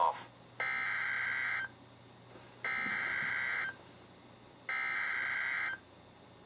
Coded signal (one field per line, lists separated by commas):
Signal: Emergency Alert System (SAME) tones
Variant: header bursts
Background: speech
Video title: EAS #697-#715: YES, BUILD A BOAT! | KHB36 & KEC83